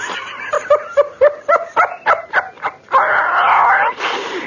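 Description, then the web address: Capuchin monkey making a rapid series of short chirping barks, several each second, followed by a sustained harsh scream and a brief final squeal. "kapuchin"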